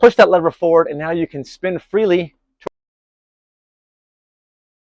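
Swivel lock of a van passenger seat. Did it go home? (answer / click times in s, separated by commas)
yes / 2.7 s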